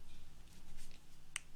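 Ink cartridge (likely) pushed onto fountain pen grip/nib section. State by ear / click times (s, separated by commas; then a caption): seated / 1.4 s. While reassembling a cleaned Kaweco Sport fountain pen, a part, likely the ink cartridge, is lined up and pushed onto the grip section. After quiet handling rustles, one sharp, bright click rings out at 1.4 s as the part seats.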